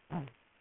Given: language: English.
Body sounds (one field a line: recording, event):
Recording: throat vibration sensor signal played as sound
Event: throat clearing